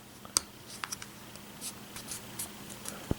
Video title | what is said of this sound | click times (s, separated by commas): REVIEW: Folding Credit Card Survival Knife | We're going to click them in. You'll hear them click. | 0.4 s, 0.8 s, 0.9 s, 1.0 s, 2.4 s, 2.9 s